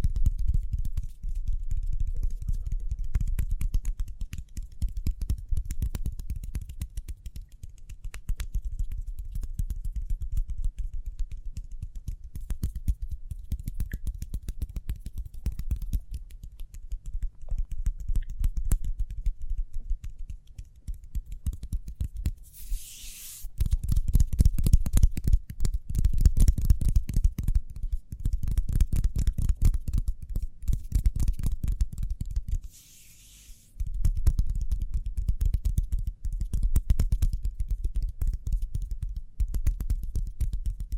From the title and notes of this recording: ASMR Speedy Hand Sounds (No Talking).